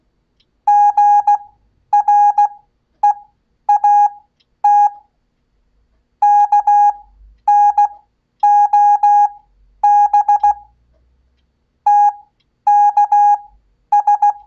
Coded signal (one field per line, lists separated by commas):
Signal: Morse code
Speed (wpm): 16 wpm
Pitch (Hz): 820 Hz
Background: none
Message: GREAT KNOB TKS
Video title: Ham Radio Live! Code 1 Show! Learn Morse Code (CW) In 60 Days Or Less! Watch Multiple Times To Grow!